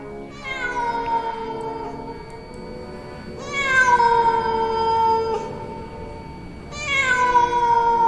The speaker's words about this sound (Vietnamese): Bỗng từ ngoài vọng vào cái tiếng mèo kêu vang lên não ruột trong đêm gió mưa, làm cho bà Thái bất giác nghĩ đến ma cà rồng.